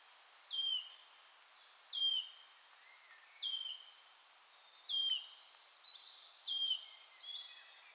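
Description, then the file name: Wood warbler delivering a steady series of falling, piping whistles about every one and a half seconds, followed by busy twittering from other songbirds. "sisego fuzike hangja"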